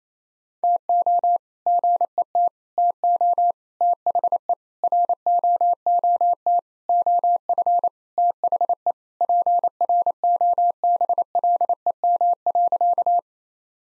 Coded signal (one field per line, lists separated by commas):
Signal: Morse code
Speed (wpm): 27 wpm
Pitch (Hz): 700 Hz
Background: none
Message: TO GET TO THE ROOT OF THE PROBLEM.